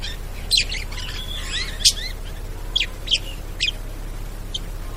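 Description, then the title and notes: Bird calls mixing quick chirps with slurred whistled sweeps, a few louder sharp notes scattered through the stretch. Bird ringtone with melodious sounds. "Burung Dengan Suara Merdu"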